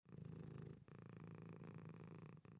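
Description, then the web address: Domestic cat purring, a steady low rumbling purr that dips briefly near the start and again near the end. Single purr. "SFXBible animals-domestic-cat-single-purr"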